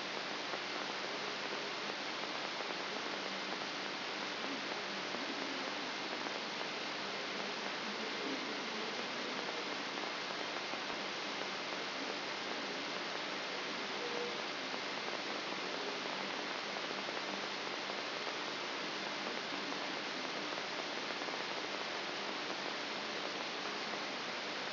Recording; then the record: brain microelectrode recording played as sound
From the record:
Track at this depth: outside the subthalamic nucleus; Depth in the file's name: 6.501 mm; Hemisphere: left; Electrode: 3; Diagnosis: Parkinson's disease